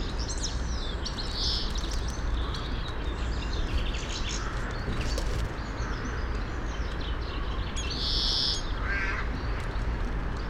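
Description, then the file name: European greenfinch calling two nasal buzzy wheezes several seconds apart, with soft twittering notes between them and a continuous low hum. "Chloris chloris"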